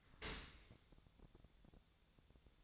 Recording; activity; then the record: daily activity, microphone in the room; open dishwasher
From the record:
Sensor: 3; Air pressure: 1000.5 hPa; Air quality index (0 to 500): 173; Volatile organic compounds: 3 ppm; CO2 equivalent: 1500 ppm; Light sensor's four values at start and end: 14/36/14/16 and 14/36/14/16